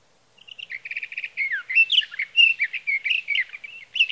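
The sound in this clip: Sage Thrasher song: a long, rambling warble of varied chirps, slurs and quick trills, with a short stuttered series near the start, continuing without pause.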